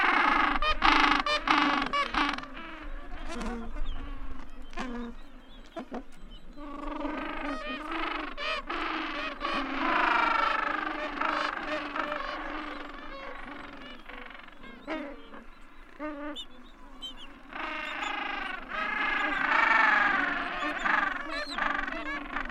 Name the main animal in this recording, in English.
Gentoo Penguin